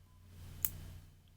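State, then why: Seated. A metal magnetic bracelet clasp has its tip slid into its cylinder housing, and it locks shut with a sharp, bright click at 0.6 s over a low background hum. A much fainter tick follows at about 1.3 s. The clasp is seated, held by metal-on-metal locking rather than the magnet alone.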